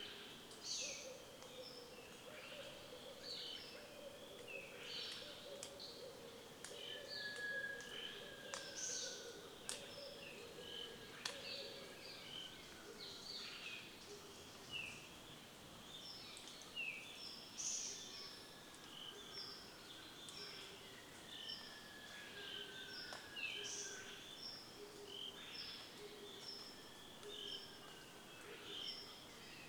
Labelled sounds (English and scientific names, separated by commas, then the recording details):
Red-eyed Dove (Streptopelia semitorquata)
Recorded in Kibale, Uganda